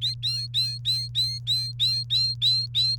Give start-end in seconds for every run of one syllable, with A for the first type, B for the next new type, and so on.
0.01-2.96 A